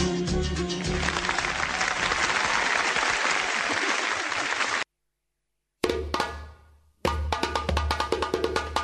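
applause

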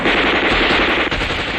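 gunfire

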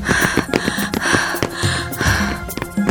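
heavy panting

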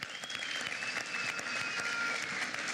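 applause

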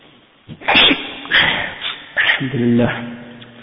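sneeze

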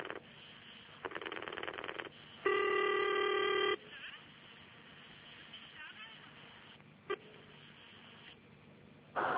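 telephone dialing and ringing

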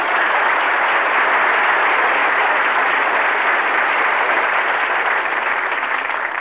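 audience applause

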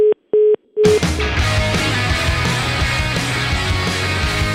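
telephone line tone

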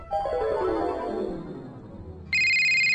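phone ringtone ringing

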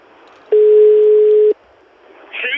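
phone ringback tone

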